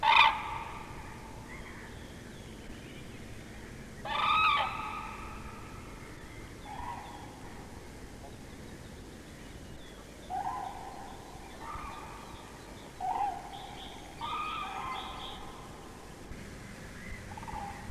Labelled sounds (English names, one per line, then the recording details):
Common Crane call
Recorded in the wild
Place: Sandschenke, Niederlausitz, Sachsen, DE
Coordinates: 51.3333, 14.8
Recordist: Meyer, Hugo
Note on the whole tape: Kranichpaar (Sandschänke) am Brutplatz. Lautes Trompeten währed des Fluges